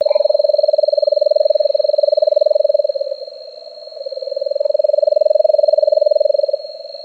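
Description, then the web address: Nightjar churring: a long, even, mechanical trill that drops slightly in pitch and fades midway, then swells back, over a steady high whine. Recorded on 18 May 2005. "Nightjars 051805. deviche"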